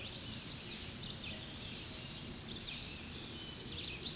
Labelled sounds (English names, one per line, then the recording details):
American Redstart song
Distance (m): 35 m
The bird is about 15 m above the microphone
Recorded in a Pennsylvania forest on 16 May 2024 at 07:20
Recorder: AudioMoth, point MSD-2305
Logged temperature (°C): 16.9 °C
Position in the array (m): 49 m, 223 m